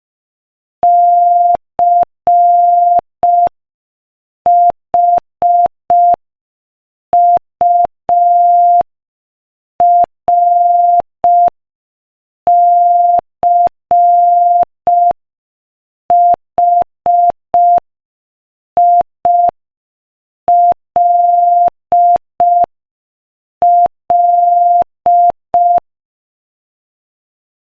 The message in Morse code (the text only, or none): CHURCHILL